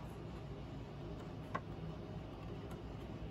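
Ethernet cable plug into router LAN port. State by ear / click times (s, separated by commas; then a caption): not seated / none. An Ethernet cable plug is handled at the LAN port of a TP-Link AX3000 Archer AX50 router, with its latch tab lined up to the port's indentation as it is pushed in. Faint handling sounds play over steady low background noise, with one brief sharp tick near 1.6 seconds. Nothing has seated or clicked yet.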